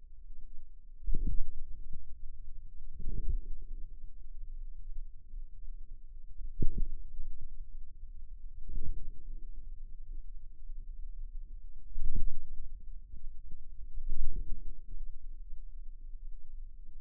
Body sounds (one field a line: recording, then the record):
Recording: forearm muscle sounds (acoustic myography)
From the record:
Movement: wrist flexion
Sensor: system 2, bracelet of six BSWA MPA416 microphones around the upper forearm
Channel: 5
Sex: female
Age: 23 years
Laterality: right